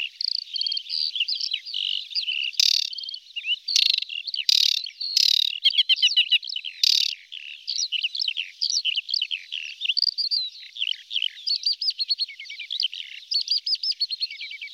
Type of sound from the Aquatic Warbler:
song